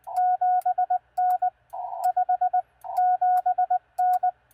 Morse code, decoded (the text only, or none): 7N 57N